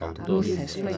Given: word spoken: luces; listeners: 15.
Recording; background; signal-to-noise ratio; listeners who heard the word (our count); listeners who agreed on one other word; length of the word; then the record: one Spanish word in noise, from a listening test; four-talker babble; 0.3 dB; 2 of 15; 6 of 15; 0.57 s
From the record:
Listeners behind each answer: 6, 2, 1, 1, 1, 1, 1, 1, 1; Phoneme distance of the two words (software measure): 17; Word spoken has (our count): 2 syllables, 5 phonemes, stress on syllable 1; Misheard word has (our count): 2 syllables, 6 phonemes, stress on syllable 1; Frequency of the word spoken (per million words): 42.80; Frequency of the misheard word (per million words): 14.24